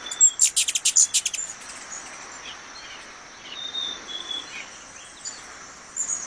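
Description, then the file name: Ruby-throated hummingbird with a fast chattering run of sharp high chips at the start, followed by quiet hiss and faint scattered notes. "Canto do beija flor da garganta vermelha"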